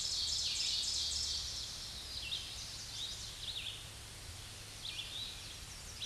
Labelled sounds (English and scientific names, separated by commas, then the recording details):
Red-eyed Vireo (Vireo olivaceus) song
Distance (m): 70 m
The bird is about 15 m above the microphone
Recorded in a Pennsylvania forest on 16 May 2024 at 07:35
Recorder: AudioMoth, point MSD-2146
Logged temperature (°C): 16.7 °C
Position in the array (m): 183 m, 78 m